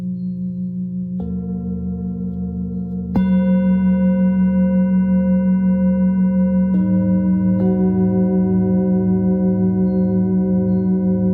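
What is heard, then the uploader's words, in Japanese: A singing bowl hums with a steady, low, sustained ringing that wavers in slow pulses. Fresh strikes land around one, three, seven and eight seconds, each adding brighter overtones, and the one near three seconds makes the sound noticeably louder. The tone stays unbroken throughout. シンギングボウルライブ。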